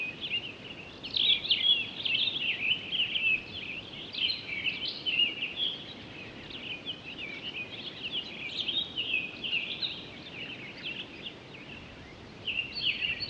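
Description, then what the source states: Townsend's solitaire delivering a continuous, fluid warble of rapid high notes that swirl up and down for the whole stretch, against light background noise. Recorded 23 October 2011.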